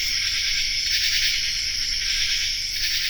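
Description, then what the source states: Common true katydid song within a dense insect chorus, a steady high raspy buzz throughout. Raspy song of the common true katydid in an insect chorus, recorded on a forested hillside in Land of Lakes, Kentucky.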